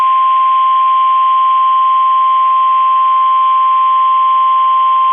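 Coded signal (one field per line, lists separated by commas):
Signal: Emergency Alert System (SAME) tones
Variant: 1050 Hz attention tone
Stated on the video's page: Storm, flooding and AMBER Alert tones received on NOAA Weather Radio, compiled as a mini-timeline.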